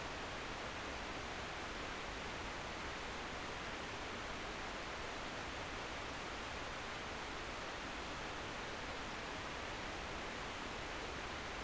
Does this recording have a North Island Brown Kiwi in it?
no